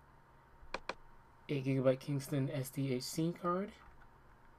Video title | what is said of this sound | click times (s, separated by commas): HP ProBook 4530s Video Series: Internal Media Card Reader (100%) | You can hear the click. | 0.7 s, 0.9 s